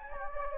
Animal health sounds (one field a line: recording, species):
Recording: mosquito wingbeat signal from an infrared sensor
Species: Anopheles gambiae